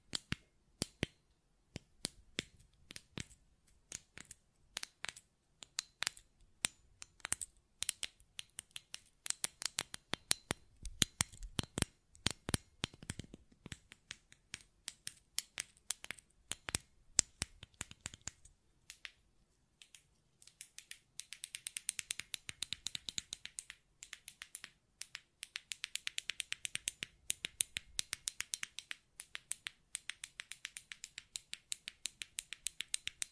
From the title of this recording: Button Clicking and Tapping Sounds